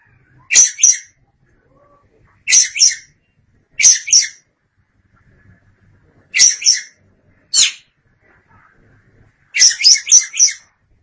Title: Suara Kicauan Burung Kacer